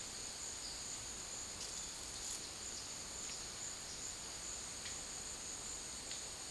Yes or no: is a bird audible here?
no